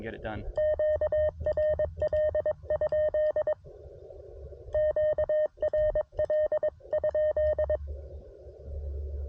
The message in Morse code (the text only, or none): QRL? QRL?